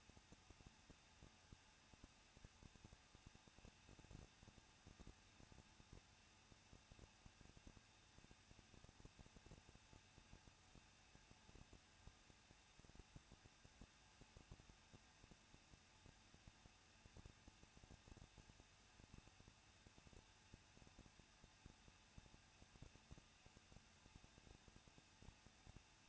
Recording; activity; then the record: daily activity, microphone in the room; no activity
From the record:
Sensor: 2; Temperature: 21.0 degrees Celsius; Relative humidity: 37.3%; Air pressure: 1006.3 hPa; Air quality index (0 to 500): 221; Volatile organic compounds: 23 ppm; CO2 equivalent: 2792 ppm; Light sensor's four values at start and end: 2/3/2/2 and 2/3/2/2